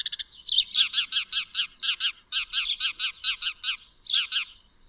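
Bird song: a steady, rhythmic run of about fifteen sharp chirps, roughly three per second, with a short break before the last few notes.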